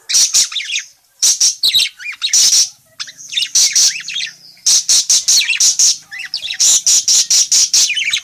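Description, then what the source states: Parakeet calls: bursts of sharp, high, harsh chirps in rapid runs, broken by short pauses, with a few lower warbling notes between the bursts. Calling parakeet, described as gacor, meaning in full, lively voice.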